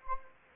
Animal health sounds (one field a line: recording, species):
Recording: mosquito wingbeat signal from an infrared sensor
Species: Anopheles gambiae